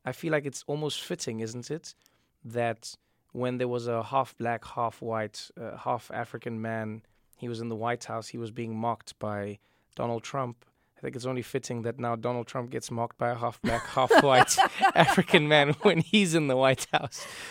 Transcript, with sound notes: I feel like it's almost fitting - isn't it? - that when there was a half-black, half-white, half-African man, he was in the White House, he was being mocked by Donald Trump - I think it's only fitting that now Donald Trump gets mocked by a half-black...
(Laughter).
...Half-white, African man when he's in the White House.